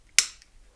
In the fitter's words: And now you know that's locked into place.